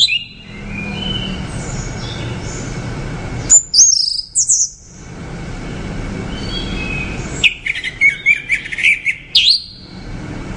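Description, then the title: Orange-headed thrush song in bursts of high, varied whistles and rapid chirps, separated by stretches of steady background hiss. "Anis Merah"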